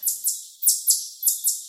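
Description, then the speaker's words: Chipmunk chip trill: high, descending chipping notes in quick pairs, each note fading in loudness. Chip trill given when one chipmunk tells another to back off; said to sound a bit like a kingbird but decreasing in volume as it continues. "it might sound a bit like a kingbird, it's really the chip trill call of a chipmunk, given when they're telling another chipmunk to back off."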